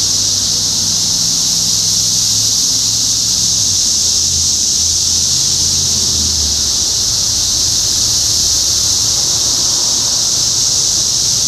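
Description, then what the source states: Cicadas keeping up a constant shrill high buzz, with a low droning hum beneath during the first part. Several cicadas recorded in Topeka, Kansas, on 14 June 2015.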